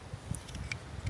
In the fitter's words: it hear the click there